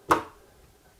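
A wireless earbud from an AUKEY Key Series T-10 set is placed into its plastic charging case, where magnets pull it into its slot with a short, sharp snap at 0.1 s. The earbud seats straight away thanks to the magnetic system, and the rest of the clip is quiet.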